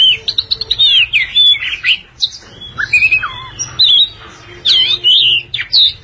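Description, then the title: Oriental magpie-robin singing a rich, varied song of loud whistled phrases, sliding up and down, in quick bursts with short gaps and a faint low hum beneath. Long-duration song. "Kacer Durasi Panjang"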